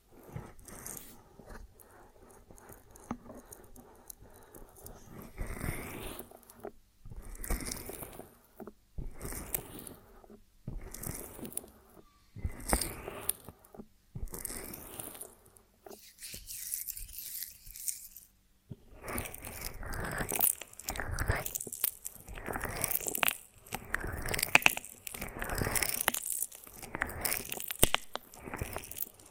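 Honeycomb on a branch being bitten and chewed in sticky, crunchy bursts, with short quiet pauses, growing denser and louder after about nineteen seconds.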